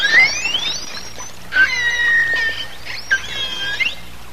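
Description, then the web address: Pilot whale whistles: several overlapping tonal whistles, some sweeping upward, others held steady then bending, over a constant hiss. "walvisstrandingen pilot"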